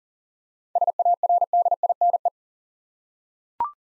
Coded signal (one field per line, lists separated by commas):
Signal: Morse code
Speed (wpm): 37 wpm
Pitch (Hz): 700 Hz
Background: none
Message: SARDINE